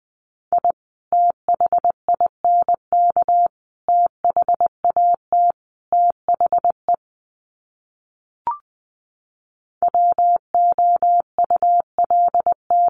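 Words sent in Morse code as a steady mid-pitched tone keyed in quick dots and dashes, pausing around eight seconds with one short blip.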